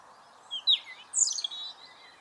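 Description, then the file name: European robin song fragment: two short bursts of high, sliding, squeaky whistled notes over a low steady hum. "Erithacus rubecula"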